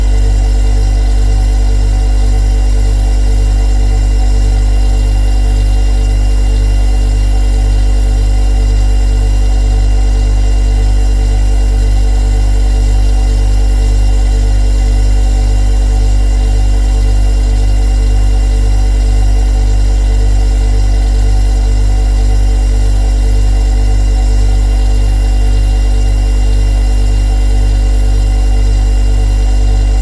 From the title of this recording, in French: Réfrigérateur